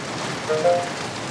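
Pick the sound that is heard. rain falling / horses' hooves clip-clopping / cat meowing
rain falling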